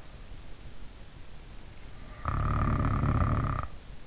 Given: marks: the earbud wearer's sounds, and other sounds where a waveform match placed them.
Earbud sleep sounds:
sounds in sleep by an in-ear microphone; snoring breath
2.11-3.71 s: snoring breath

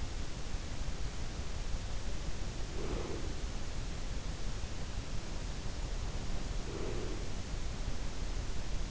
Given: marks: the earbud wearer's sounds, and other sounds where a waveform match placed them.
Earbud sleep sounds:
sounds in sleep by an in-ear microphone; breath
2.58-3.23 s: breath
6.46-7.37 s: breath

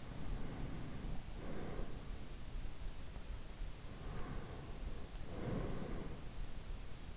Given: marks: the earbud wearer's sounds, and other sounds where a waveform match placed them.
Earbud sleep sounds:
sounds in sleep by an in-ear microphone; breath
0.00-2.42 s: breath
3.77-6.25 s: breath

